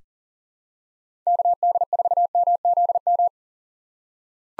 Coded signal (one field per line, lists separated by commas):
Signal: Morse code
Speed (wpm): 40 wpm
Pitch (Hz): 700 Hz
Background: none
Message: KD4MZM